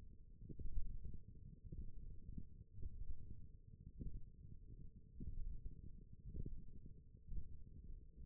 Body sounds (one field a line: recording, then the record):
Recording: forearm muscle sounds (acoustic myography)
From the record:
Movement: index flexion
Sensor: system 1, eight BSWA MPA416 microphones around the upper forearm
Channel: 4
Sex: male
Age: 21 years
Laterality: right